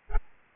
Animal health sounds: mosquito wingbeat signal from an infrared sensor; Aedes albopictus

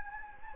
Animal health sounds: mosquito wingbeat signal from an infrared sensor; Anopheles gambiae

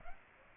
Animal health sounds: mosquito wingbeat signal from an infrared sensor; Aedes aegypti

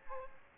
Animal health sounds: mosquito wingbeat signal from an infrared sensor; Aedes aegypti

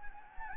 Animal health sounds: mosquito wingbeat signal from an infrared sensor; Anopheles gambiae

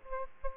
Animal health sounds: mosquito wingbeat signal from an infrared sensor; Aedes aegypti

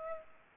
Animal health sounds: mosquito wingbeat signal from an infrared sensor; Aedes aegypti

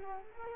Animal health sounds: mosquito wingbeat signal from an infrared sensor; Culex quinquefasciatus

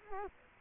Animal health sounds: mosquito wingbeat signal from an infrared sensor; Culex quinquefasciatus

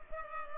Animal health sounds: mosquito wingbeat signal from an infrared sensor; Culex pipiens

